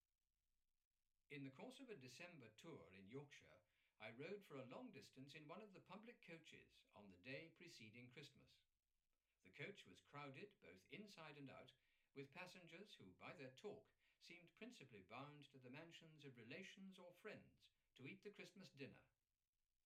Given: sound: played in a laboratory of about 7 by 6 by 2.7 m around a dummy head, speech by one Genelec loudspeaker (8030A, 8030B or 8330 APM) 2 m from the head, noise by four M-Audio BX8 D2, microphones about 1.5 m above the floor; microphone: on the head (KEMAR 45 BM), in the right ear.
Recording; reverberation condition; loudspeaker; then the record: male speech in English; low; in front (0 degrees)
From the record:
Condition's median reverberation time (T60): about 310 ms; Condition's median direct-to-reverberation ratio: about 3.5 dB